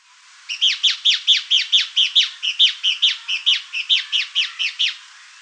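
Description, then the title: Fuscous Flycatcher calling in a brisk, even series of many sharp, downward-slurred chip notes. "LuckyPassaro Completos2Sama. Fuscous Flycatcher (Cnemotriccus fuscatus)"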